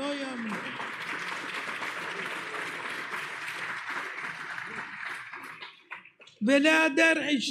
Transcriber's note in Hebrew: מחיאות כפיים